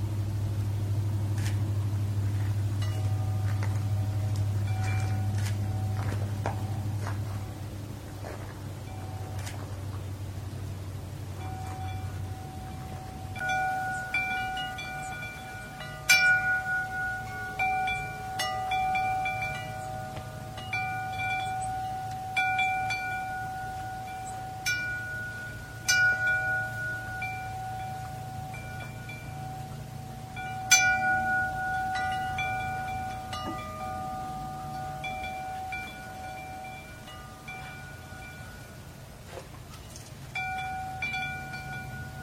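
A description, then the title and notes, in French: Metal chimes ring out over a steady low hum, sparse at first, then from about thirteen seconds a cluster of sustained tones that keep ringing. Light clinks and sharper strikes land irregularly through the rest, louder around sixteen and thirty seconds. Carillon en métal.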